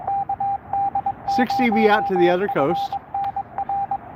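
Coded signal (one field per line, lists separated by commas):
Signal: Morse code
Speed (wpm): 23 wpm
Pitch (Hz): 790 Hz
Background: speech, radio noise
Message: KD0FNR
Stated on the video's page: Morse from a park activation completed in under 45 minutes.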